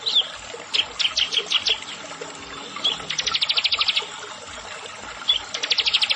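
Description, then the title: Plain prinia giving a few spaced high chirps, then a fast buzzy trill, a pause, and another rapid ticking trill. "Ciblek Sawah"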